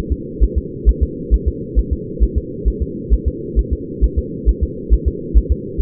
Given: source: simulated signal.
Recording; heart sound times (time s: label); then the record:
fetal heart sounds
0.12 s: S2
0.44 s: S1
0.58 s: S2
0.89 s: S1
1.03 s: S2
1.34 s: S1
1.48 s: S2
1.79 s: S1
1.93 s: S2
2.23 s: S1
2.38 s: S2
2.68 s: S1
2.82 s: S2
3.13 s: S1
3.28 s: S2
3.59 s: S1
3.73 s: S2
4.04 s: S1
4.19 s: S2
4.49 s: S1
4.63 s: S2
4.94 s: S1
5.08 s: S2
5.37 s: S1
5.52 s: S2
5.81 s: S1
From the record:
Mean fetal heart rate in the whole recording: 135 bpm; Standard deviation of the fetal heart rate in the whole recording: 3 bpm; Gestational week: 34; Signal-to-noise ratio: -4.1 dB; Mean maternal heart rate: no maternal heart sound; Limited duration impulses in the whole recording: absent